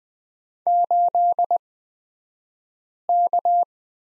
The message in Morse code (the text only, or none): 8K